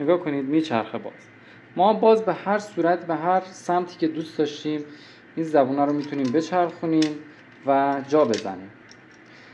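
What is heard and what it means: Someone talks while handling the metal latch bolt of a mortise door lock body, turning it to the desired side so it can be pushed back in. Nothing has seated or clicked yet.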